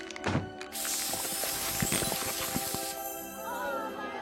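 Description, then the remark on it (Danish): A spray can hisses steadily for about three seconds as Flint sprays his invention, a laceless spray-on shoe, a bright airy rush broken by a few soft thunks and taps, then cuts off, leaving a faint lingering hum. “Spraydåse og skoen.”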